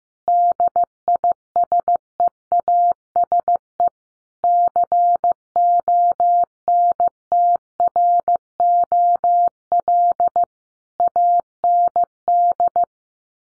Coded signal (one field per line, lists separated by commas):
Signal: Morse code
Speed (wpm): 15 wpm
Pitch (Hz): 700 Hz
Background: none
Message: DISEASE CONTROL AND